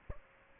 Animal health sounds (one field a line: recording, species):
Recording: mosquito wingbeat signal from an infrared sensor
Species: Aedes aegypti